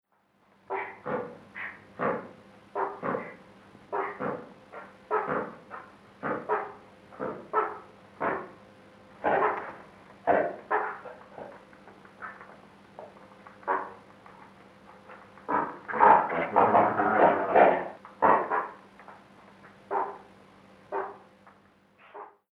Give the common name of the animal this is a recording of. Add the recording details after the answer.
Great White Pelican. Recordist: Tembrock, Günter. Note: Jungtier mit Mutter